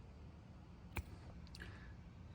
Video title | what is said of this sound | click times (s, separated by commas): Bentley Arnage T Alignment Disaster - And It's All My Fault! | all right, you can see there just snaps back in. | 1.0 s